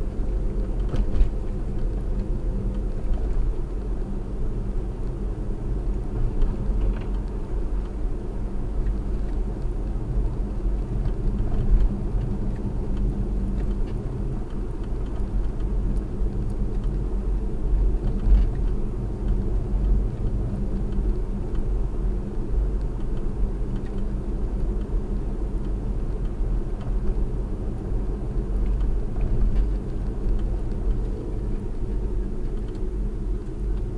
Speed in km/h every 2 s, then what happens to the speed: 50, 50, 52, 53, 53, 50, 50, 50, 50, 50, 50, 50, 52, 50, 50, 44, 40.
0-24 steady at about 50. 24-31 slows to 40.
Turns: none.